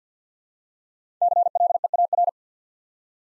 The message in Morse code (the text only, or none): CLEAR